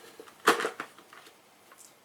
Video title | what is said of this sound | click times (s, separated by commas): Kalado 2 4GHz WiFi Automatic Pet Feeder | counterclockwise it will pop off so i'm gonna go ahead and do that | 0.5 s